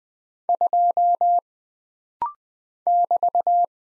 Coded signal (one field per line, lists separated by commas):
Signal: Morse code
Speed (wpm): 20 wpm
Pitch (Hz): 700 Hz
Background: none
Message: 2 <BT>